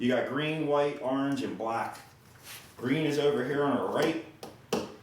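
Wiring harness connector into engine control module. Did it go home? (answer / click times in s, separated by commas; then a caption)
yes / 4.7 s. Someone talks while pushing the green multi-pin wiring harness connector into the replacement PCM (engine control module) on a Jeep Wrangler TJ, replaced to fix codes P1603, P1604 and P0700. After a faint tap at 4.4 s, the connector seats with a sharp little click at 4.7 s.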